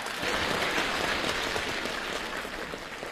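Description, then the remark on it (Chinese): Steady applause from an audience, a dense wash of many clapping hands at an even, sustained loudness for about three seconds, with no voices over it. “哎嗨嗨嗨呦，我的掌声就是多，谢谢。”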